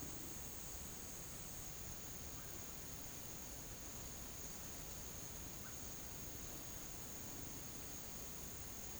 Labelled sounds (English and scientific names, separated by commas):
none